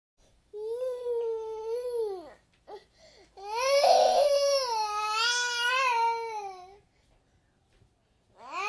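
A baby cries in two sustained, high-pitched wails, the first about two seconds long and the second about three and a half, with brief gasping breaths between them and another cry starting at the end. The tone is clear and tuneful, a plain crying baby.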